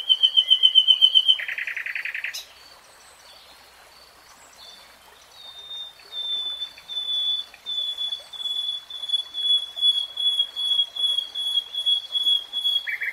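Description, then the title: Nightingale singing a fast rattling trill, then after a pause a long series of pure, evenly repeated whistled notes that gradually grow louder. Three-hour real-time recording. "[Tiếng chim hót] REALTIME Nightingale Singing"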